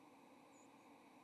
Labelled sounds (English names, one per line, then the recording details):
White-throated Sparrow flight call
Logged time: 07:34 on 30 October 2014